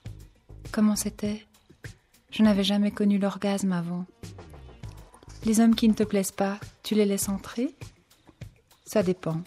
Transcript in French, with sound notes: - Comment c’était? - Je n’avais jamais connu l’orgasme, avant. - (Un silence plane) Les hommes qui ne te plaisent pas, tu les laisses entrer? - Ca dépend.